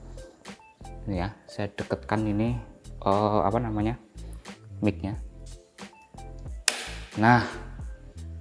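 A magazine is pushed into an air rifle with the microphone held close while someone talks over background music. A sharp click at 6.7 s marks the magazine seating home, and the click is confirmed as audible.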